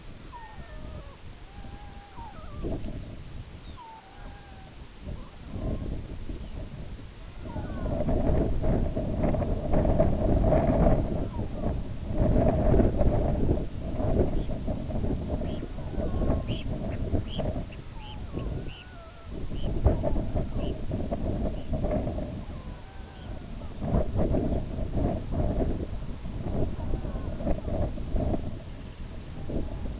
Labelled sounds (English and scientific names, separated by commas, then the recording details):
Red-throated Loon (Gavia stellata), Lapland Longspur (Calcarius lapponicus), Red Phalarope (Phalaropus fulicarius), Semipalmated Sandpiper (Calidris pusilla)
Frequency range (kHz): Red-throated Loon (Gavia stellata) 0.3-2.6 kHz; Lapland Longspur (Calcarius lapponicus) 2.4-5.0 kHz; Red Phalarope (Phalaropus fulicarius) 1.6-6.3 kHz; Semipalmated Sandpiper (Calidris pusilla) 1.1-3.9 kHz
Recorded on Arctic tundra, site IGLO-B, on 19 June 2018
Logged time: 23:59